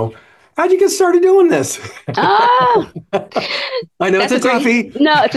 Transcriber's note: laughs